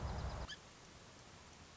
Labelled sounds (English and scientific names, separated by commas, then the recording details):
Song Sparrow (Melospiza melodia)
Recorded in Sonoma County, California